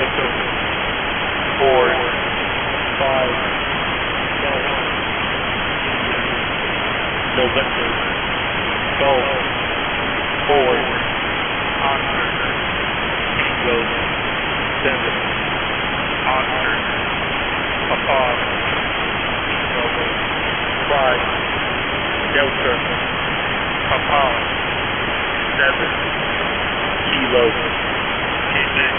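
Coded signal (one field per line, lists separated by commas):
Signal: coded military voice message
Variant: US Air Force EAM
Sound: voice slowly reading phonetic-alphabet letters and numbers through heavy static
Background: radio static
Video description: 00:00 - EAM 1; 1900z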